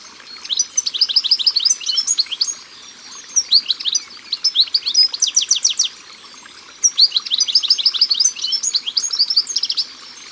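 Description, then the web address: European goldfinch song: bursts of rapid, high, down-slurred notes in tight series, each lasting about a second or two, separated by short pauses, with twittering between. Sung by the water. "Chardonneret elegant Au bord de leau. album au-bord-de-leau"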